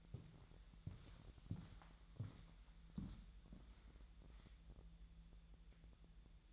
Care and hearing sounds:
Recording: daily activity, microphone in the room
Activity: walk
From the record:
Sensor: 3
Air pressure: 1002.0 hPa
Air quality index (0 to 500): 240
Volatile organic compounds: 107 ppm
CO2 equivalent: 3800 ppm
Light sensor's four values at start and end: 8/20/8/8 and 8/19/8/8

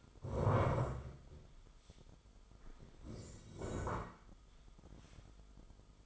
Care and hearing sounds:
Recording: daily activity, microphone in the room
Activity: stand up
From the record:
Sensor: 5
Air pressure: 1005.4 hPa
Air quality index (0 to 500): 105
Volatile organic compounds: 2 ppm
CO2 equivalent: 1286 ppm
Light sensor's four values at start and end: 34/78/31/30 and 34/78/31/30

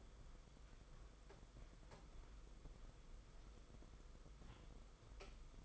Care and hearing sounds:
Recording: daily activity, microphone in the room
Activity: walk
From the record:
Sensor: 5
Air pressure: 990.9 hPa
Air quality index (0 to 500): 148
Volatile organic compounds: 145 ppm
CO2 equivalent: 4001 ppm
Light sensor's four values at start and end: 41/128/49/52 and 41/128/49/52

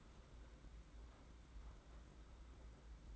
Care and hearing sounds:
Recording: daily activity, microphone in the room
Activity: open fridge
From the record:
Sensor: 3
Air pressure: 991.8 hPa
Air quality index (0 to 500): 215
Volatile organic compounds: 1000 ppm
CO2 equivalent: 7358 ppm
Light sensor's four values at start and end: 32/95/38/32 and 32/95/38/32

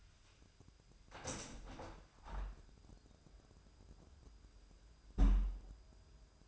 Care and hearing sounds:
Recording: daily activity, microphone in the room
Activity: open window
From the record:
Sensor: 2

